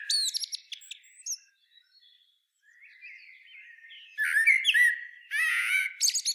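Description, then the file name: Common blackbird singing a rich whistled phrase that breaks into high scratchy twitters near the end, after a brief twittered flourish and a quiet gap. "Turdus merula"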